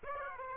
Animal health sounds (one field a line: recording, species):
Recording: mosquito wingbeat signal from an infrared sensor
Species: Aedes aegypti